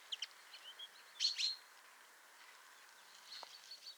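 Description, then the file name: Common chaffinch calls: a few short, sharp high chirps near the start, a louder pair of bright notes around one and a half seconds, then faint scattered notes. "Fringilla coelebs"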